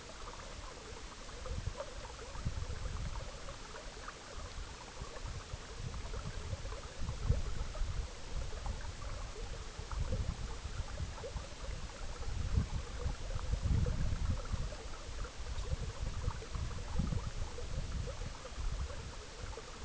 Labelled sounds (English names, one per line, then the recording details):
none
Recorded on Arctic tundra, site EABA-MC, on 19 June 2019
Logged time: 22:00